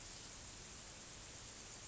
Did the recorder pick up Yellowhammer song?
no